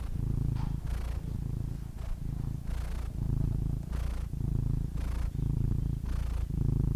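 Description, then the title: Domestic cat's deep, even purr, rising and falling with its breathing, soft rustle noises in the background. Compilation of domestic cats ranging from kittens to old cats. "The Ultimate Compilation of Adorable Cat Meows 🐱😺 #CatMeows #CuteKittens"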